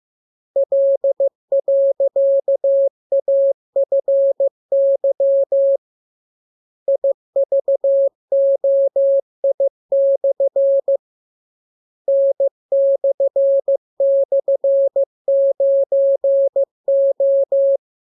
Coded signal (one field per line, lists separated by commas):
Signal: Morse code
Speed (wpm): 15 wpm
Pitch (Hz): 550 Hz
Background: none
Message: L.AFY IVOI/ N//9O